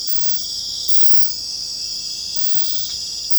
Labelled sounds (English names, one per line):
none